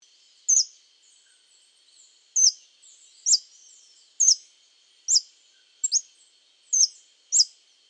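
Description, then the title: Scale-throated hermit calling with sharp, high squeaky notes, each a quick downward-slurred chip, given singly or doubled at uneven intervals of roughly half a second to two seconds, over a steady high background hum. Subspecies Phaethornis eurynome eurynome, assumed from the recording location. "LuckyPassaro Completos2Sama. Scale-throated Hermit (Phaethornis eurynome eurynome (ssp asumed from location))"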